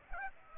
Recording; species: mosquito wingbeat signal from an infrared sensor; Aedes aegypti